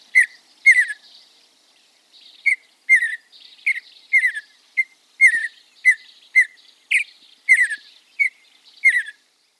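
Mountain bluebird calls: quick series of short downslurred chirps with buzzy overtones, repeated in irregular bursts roughly once or twice a second, no other sounds.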